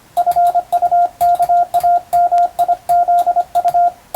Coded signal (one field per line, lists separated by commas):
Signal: Morse code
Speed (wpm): 25 wpm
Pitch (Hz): 700 Hz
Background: radio noise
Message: FUKAMIZU